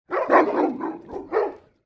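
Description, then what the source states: St. Bernard dogs barking: a cluster of deep, rough barks in quick succession, then a short gap and one more bark. Two St. Bernards barking.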